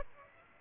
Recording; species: mosquito wingbeat signal from an infrared sensor; Aedes aegypti